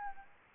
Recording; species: mosquito wingbeat signal from an infrared sensor; Aedes albopictus